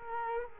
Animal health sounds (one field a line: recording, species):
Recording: mosquito wingbeat signal from an infrared sensor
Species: Culex quinquefasciatus